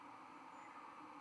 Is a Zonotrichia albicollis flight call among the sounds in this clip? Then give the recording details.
no. No flight call is heard. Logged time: 22:51 on 30 October 2014